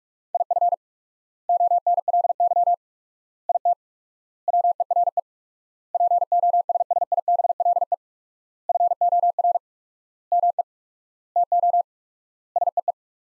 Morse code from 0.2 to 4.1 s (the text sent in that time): IF ONLY IT